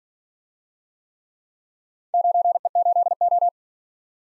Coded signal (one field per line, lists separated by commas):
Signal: Morse code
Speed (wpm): 47 wpm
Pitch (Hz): 700 Hz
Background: none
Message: 9E8O